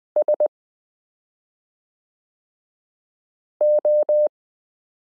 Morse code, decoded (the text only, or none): SO